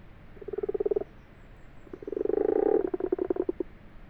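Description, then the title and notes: Common frog croaking in two pulsed, purring bursts, a short one followed by a longer, louder rattling call. Wild common frogs calling in full daylight at 12:45 on 21 February 2020 in an abandoned, water-filled wash house in a field, Fourcinet, Drôme, France; breeding song lasts only a few days yearly; Nagra LB, binaural. "Fourcinet - Drôme. les Grenouilles rousses (Rana temporia)"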